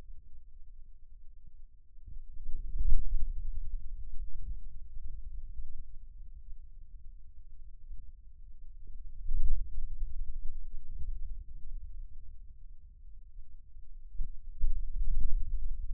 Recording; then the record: forearm muscle sounds (acoustic myography)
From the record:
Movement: hand closing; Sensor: system 2, bracelet of six BSWA MPA416 microphones around the upper forearm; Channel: 1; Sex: male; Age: 22 years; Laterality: right